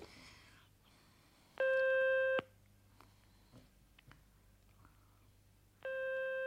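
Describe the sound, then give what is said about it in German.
A telephone ringing tone on the line after a number is dialed on a desk telephone: two steady, buzzy electronic tone bursts, each under a second long, separated by a few seconds of low hiss and faint clicks. “Indigniert setzte sie sich auf die rachitische Couch und entdeckte das Telefon auf dem Schreibtisch.”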